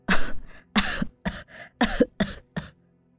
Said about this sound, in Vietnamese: Nói rồi bà lại ôm ngực ho lên rũ rượi.